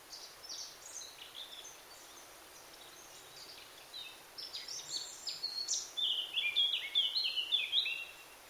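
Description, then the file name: Eurasian blackcap song: soft scratchy twittering notes build to a loud, clear fluty warbling flourish near the end. "Sylvia atricapilla"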